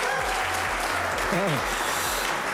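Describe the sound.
A studio audience at a live radio broadcast from the Klimaatstudio in Delft applauds loudly and steadily, a dense wash of clapping that fills the whole stretch, with a brief voice rising in pitch partway through.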